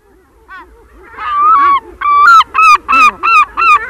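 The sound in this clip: Herring gull long call: soft notes rising into a loud series of ringing, yelping 'kyow' notes repeated about three per second, with other gulls calling quietly behind.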